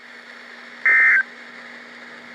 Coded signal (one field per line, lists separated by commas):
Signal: Emergency Alert System (SAME) tones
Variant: end-of-message bursts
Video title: GRAY FOLLOWS SUIT... NWR Required Weekly Tests - February 26th, 2025 (EAS #1,784-1,788)